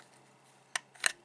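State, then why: Seated. A plastic battery door is slid back into place on a Mini E-Revo RC truck chassis over a faint steady hum. It gives a sharp snap at 0.8 s and a louder snap at 1.1 s as it seats shut.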